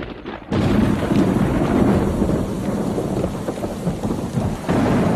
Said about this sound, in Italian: Una notte, mentre usciva da una festa in maschera, sa una di quelle notti d'inverno, piene di lampi e tuoni?